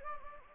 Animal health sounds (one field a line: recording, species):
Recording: mosquito wingbeat signal from an infrared sensor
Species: Anopheles gambiae